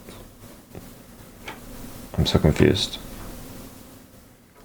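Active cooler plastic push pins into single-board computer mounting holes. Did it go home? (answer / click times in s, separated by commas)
no / none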